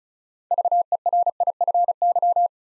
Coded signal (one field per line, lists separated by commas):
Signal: Morse code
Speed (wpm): 36 wpm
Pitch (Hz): 700 Hz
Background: none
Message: VERIFY